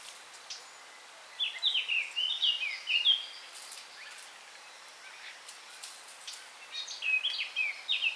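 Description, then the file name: Eurasian blackcap song: two bursts of quick, chattering, warbled notes, the first near two seconds long and the second shorter, with soft ambient hiss between. "Sylvia atricapilla"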